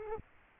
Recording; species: mosquito wingbeat signal from an infrared sensor; Aedes aegypti